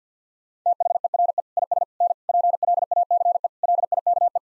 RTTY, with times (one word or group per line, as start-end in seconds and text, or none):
none